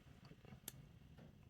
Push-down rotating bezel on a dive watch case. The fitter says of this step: it kind of locks into place and